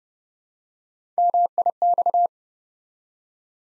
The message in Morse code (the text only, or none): MIX